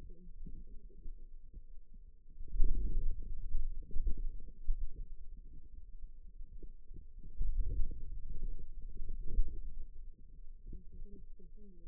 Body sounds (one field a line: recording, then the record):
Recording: forearm muscle sounds (acoustic myography)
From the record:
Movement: wrist extension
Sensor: system 2, bracelet of six BSWA MPA416 microphones around the upper forearm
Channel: 4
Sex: female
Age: 21 years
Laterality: right